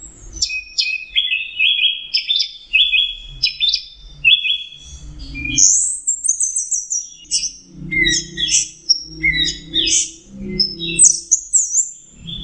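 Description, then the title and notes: Orange-headed thrush singing a continuous medley of sharp high notes, whistled phrases and fast trills, with intermittent low thumping noise underneath. Masteran training recording for Anis Kembang (chestnut-capped thrush); Anis Merah teler song style. "Suara Burung Anis Merah Teler. Masteran Anis Kembang"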